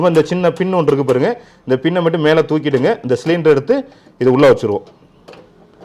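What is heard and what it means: Someone talks while lifting a small pin or lock lever on a portable camping stove and placing the gas canister into its compartment, with a faint, brief tick near the end at about 5.7 seconds. The gas canister has not seated in the stove compartment yet and nothing has clicked into place.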